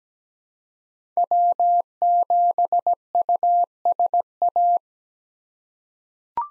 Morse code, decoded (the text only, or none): W7USA